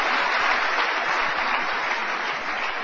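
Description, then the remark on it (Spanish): A church audience claps for the Lord in steady, dense applause, a continuous bright wash of many hands with no voices standing out, holding an even loudness throughout. “¡Dele palmas al Señor de la gloria!”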